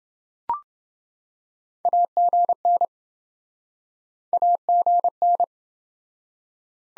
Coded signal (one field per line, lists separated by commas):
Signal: Morse code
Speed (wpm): 27 wpm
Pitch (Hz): 700 Hz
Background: none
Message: AGN AGN